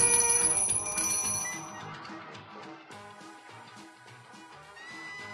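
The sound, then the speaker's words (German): A telephone rings with a bright, bell-like jangle, its shimmering tones repeating in quick pulses for several seconds without any voices. “Warte, ich rufe die Waldtelefonzentrale an.”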